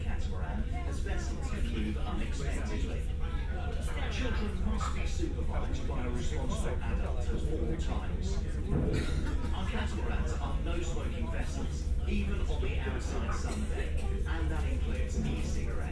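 Aboard a ferry crossing from Ryde to Portsmouth, a deep, steady engine rumble fills the low end without pause. Over it, several people chat almost continuously, a man's voice prominent, with occasional clatter and brighter bursts of sound, around nine and twelve seconds.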